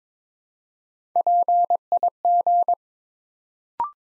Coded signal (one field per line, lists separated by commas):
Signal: Morse code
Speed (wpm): 22 wpm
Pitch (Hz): 700 Hz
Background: none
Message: PIG